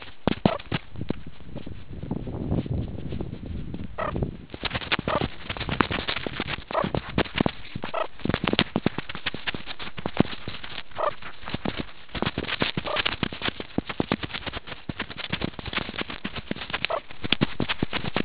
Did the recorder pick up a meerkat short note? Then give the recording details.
no. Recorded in the Kuruman River Reserve, South Africa. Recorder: an audio tag on a meerkat's collar